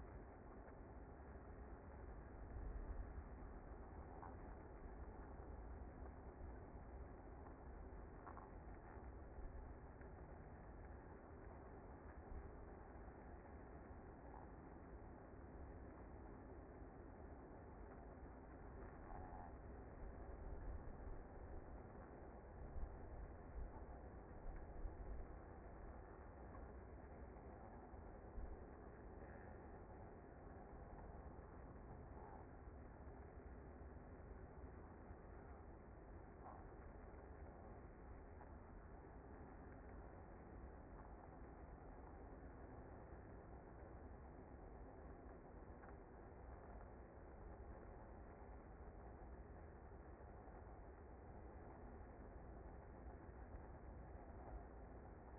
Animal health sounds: honeybee colony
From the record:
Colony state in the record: active

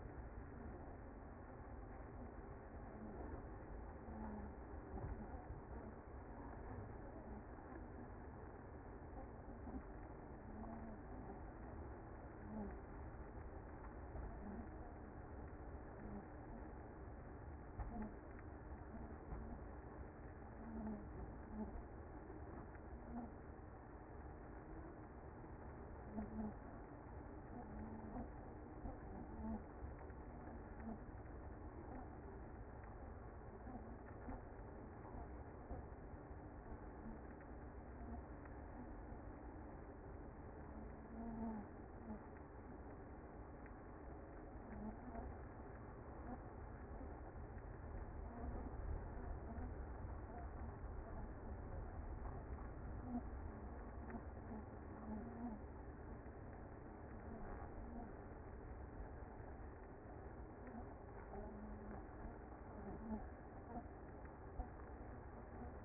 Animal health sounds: honeybee colony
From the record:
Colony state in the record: active

